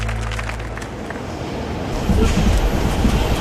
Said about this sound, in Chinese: 火车站